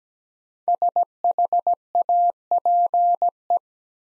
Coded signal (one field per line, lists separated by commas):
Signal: Morse code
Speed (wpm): 17 wpm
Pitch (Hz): 700 Hz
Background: none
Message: SHAPE